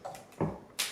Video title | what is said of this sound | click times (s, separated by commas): 338 Lapua - Reloading a beast | So, it's a case of just slotting this in and turning it until it locks into place like so. | 0.8 s